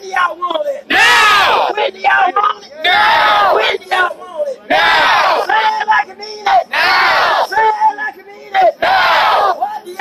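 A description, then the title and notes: Protesters chant in unison at Niagara Square, loud shouted phrases repeating in a steady rhythm about every two seconds with brief pauses between. Niagara Square Protest in Downtown Buffalo.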